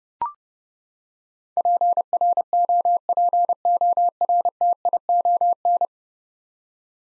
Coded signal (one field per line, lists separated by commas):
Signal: Morse code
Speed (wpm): 30 wpm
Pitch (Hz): 700 Hz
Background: none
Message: PROPORTION